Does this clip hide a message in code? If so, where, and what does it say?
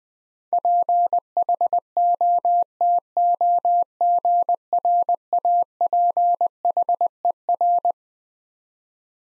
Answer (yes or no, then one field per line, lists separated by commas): yes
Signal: Morse code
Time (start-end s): 0.5-7.9 s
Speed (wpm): 21 wpm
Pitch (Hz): 700 Hz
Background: none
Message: PHOTOGRAPHER